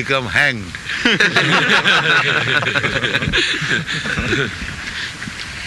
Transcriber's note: laughter